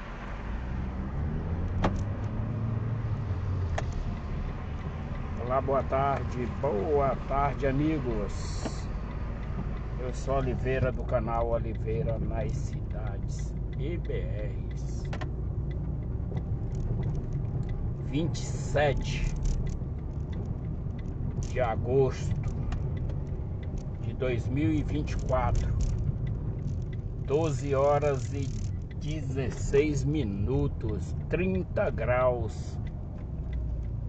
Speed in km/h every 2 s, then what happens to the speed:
25, 26, 30, 30, 32, 32, 33, 36, 38, 42, 42, 37, 31, 21, 23, 27, 19.
0-20 speeds up to 42. 20-25 brakes to 21. 25-30 steady at about 23. 30-34 slows to 19.